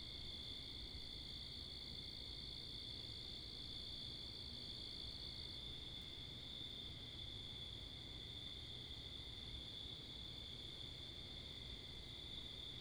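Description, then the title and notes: Steady, even cricket trilling without pauses runs throughout, layered over a continuous low roar of wind and passing cars. Wakefield, Rhode Island, 10 October 2021, 11:35pm, night; recorded facing northeast with two Rode NTG-3 shotgun mics on a Sound Devices MixPre 10ii; crickets with cars and wind. "Oct 10th 2021 11:35pm Wakefield, Rhode Island. Crickets, Cars, and Wind"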